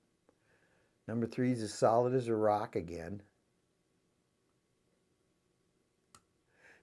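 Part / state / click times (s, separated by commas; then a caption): tumbler pin in a lock cylinder / seated / 6.2 s. Someone talks while picking a Kwikset lock cylinder with a Lishi 1-L opposite-arm pick. After a quiet pause, tumbler pin two is lifted until it sets with a single sharp click at 6.2 s, and the pin is seated.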